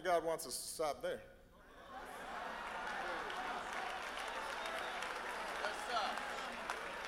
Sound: applause

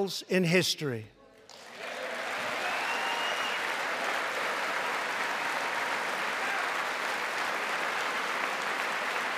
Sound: applause

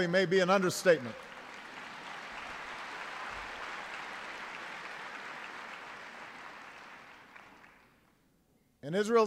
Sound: applause

